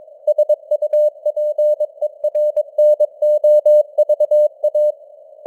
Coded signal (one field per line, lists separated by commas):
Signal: Morse code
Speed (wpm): 22 wpm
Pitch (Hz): 600 Hz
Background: none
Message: SUPERNOVA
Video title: Morse Code News | 2025-11-13 | 22wpm